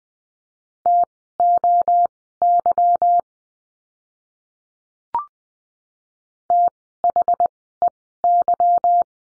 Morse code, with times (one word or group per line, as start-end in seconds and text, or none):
0.9-3.2 TOY
6.5-9.0 THEY